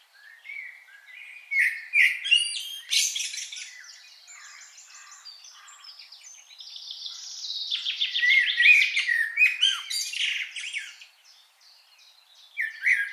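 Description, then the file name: Common blackbird calling with scratchy high twitters and chirps, a dense buzzy stretch midway, then a short quieter pause before a final burst. "Turdus merula"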